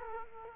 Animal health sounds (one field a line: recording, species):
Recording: mosquito wingbeat signal from an infrared sensor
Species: Culex quinquefasciatus